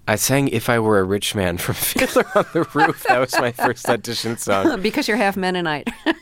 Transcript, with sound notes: I sang "If I Were A Rich Man" for "Fiddler On The Roof." (LAUGHTER) That was my first audition song.
Because you're half Mennonite.